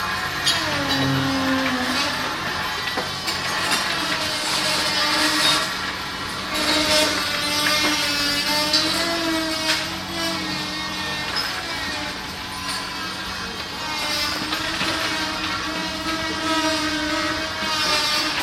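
Restoration work on an old school building sounds out as a steady, dense din with a continuous whine and grinding drone that wavers up and down in pitch. Faint knocks and clatters come through now and then, with a rumbling undertone throughout.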